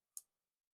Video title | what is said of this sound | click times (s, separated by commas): Case Canoe pocket knife show and tell. #knives #knifereview | but anyway we'll just open this up look how fat that blade is and just hear that click | 0.2 s